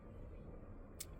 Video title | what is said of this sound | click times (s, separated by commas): Ford Mustang Mach E Dash Cam Installation | so this is snaps back into place | 1.0 s